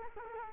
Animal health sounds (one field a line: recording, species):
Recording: mosquito wingbeat signal from an infrared sensor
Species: Culex quinquefasciatus